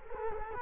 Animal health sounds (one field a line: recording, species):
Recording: mosquito wingbeat signal from an infrared sensor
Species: Culex quinquefasciatus